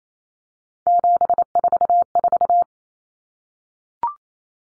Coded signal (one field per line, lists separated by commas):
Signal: Morse code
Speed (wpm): 28 wpm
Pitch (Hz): 700 Hz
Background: none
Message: 744